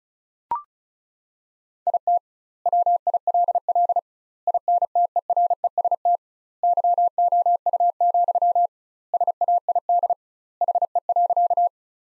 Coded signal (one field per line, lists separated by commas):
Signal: Morse code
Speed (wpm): 36 wpm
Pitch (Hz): 700 Hz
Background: none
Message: IT WILL INTEREST YOU, SAID HE.